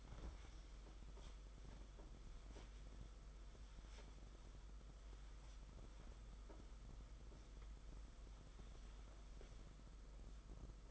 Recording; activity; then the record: daily activity, microphone in the room; wipe stove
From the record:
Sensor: 5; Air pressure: 991.6 hPa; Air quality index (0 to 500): 128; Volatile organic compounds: 62 ppm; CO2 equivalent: 3434 ppm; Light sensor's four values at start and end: 35/106/41/44 and 33/98/38/41